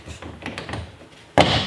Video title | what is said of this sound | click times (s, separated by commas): Owens Corning Attic Cat, blown in Insulation DIY!!! | Locks in place. | 1.4 s